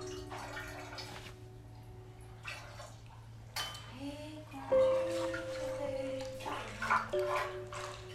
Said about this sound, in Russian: В воду капает кровь.